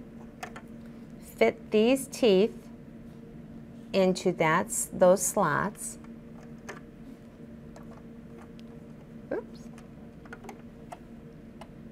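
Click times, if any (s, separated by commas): none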